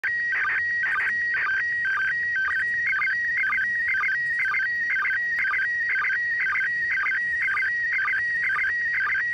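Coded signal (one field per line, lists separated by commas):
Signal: SSTV (slow-scan television)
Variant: PD 120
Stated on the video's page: SSTV in PD120 mode from the International Space Station on 145.800 MHz, received on an Icom IC-705 with a handheld 2m/70cm Yagi antenna.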